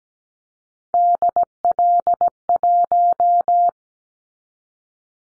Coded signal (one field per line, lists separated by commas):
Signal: Morse code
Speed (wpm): 17 wpm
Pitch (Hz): 700 Hz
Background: none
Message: DL1